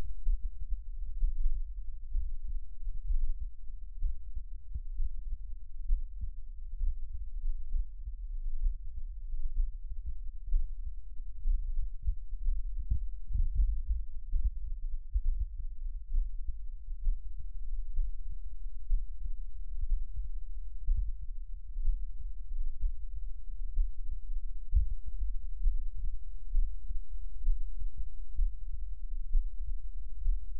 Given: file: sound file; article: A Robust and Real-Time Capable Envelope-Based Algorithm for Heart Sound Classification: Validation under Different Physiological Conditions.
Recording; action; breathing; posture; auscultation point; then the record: heart sounds by electronic stethoscope; rest; normal; lying on right side; Erb’s point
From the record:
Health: healthy, no known heart disease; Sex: male